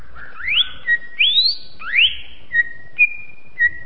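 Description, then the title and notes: Greater green leafbird song: three rising whistled sweeps followed by short steady whistles and brief clipped notes. Singing presented as champion-level birdsong. "Kicau Burung Cucak Ijo Juara. Suara kicauan burung cucak ijo"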